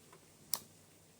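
A Nintendo Switch Joy-Con controller is slid onto the side rail of a Nintendo Switch OLED handheld console until it latches. After a faint tick near 0.1 s, a single sharp, bright click lands at 0.5 s. The controller seats with a satisfying but not very hard click.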